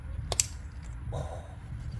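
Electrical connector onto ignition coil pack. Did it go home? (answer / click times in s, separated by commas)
yes / 0.3 s, 0.4 s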